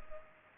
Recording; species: mosquito wingbeat signal from an infrared sensor; Culex pipiens